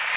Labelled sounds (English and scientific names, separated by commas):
Yellow-throated Warbler (Setophaga dominica) flight call